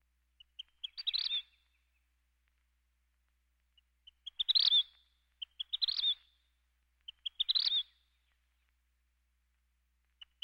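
Vermilion flycatcher song: four phrases of quick high ticking notes that speed up into a buzzy burst, with quiet gaps between.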